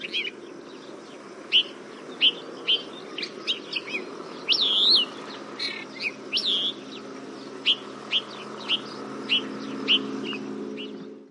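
Trumpeter finch calls: sharp single chirps repeated roughly every half second, broken by a brief buzzy, wavering note midway, over steady low background hum.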